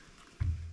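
A plastic battery pack is lined up against the latch and pushed straight toward the handle of a MENTOL FLEX borescope. A low, soft thump lands at about 0.4 s and fades into a dull low hum. The pack has not seated yet, and nothing has clicked.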